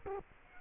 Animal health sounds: mosquito wingbeat signal from an infrared sensor; Culex quinquefasciatus

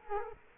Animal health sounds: mosquito wingbeat signal from an infrared sensor; Culex quinquefasciatus

